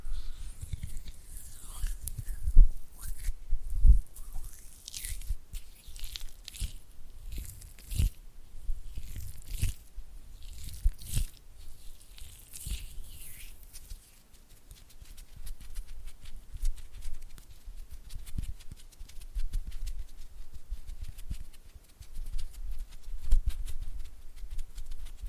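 Oily hands rub and flutter in quick, irregular bursts of soft, wet crackling, with sharper slaps and thumps now and then, around 3, 4, 8 and 11 seconds. After about 14 seconds the sounds thin into faster, lighter ticking and pattering that runs to the end.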